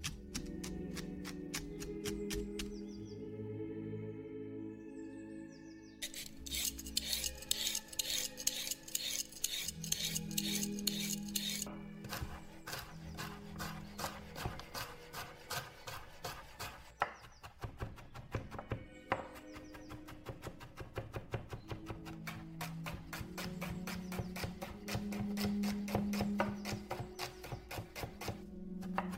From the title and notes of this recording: 19th century | Vintage kitchen ASMR Ambience | cooking with oldies playing. Granny is cooking in the kitchen while oldies music playing from living room.